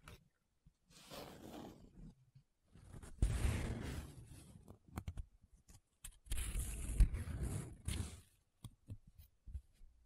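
Paper being rubbed and scratched in rough bursts, two longer loud stretches around three and six seconds, with short scrapes between quiet gaps.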